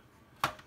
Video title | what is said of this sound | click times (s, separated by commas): P-51D Part 3 | and get that popped into place | 0.4 s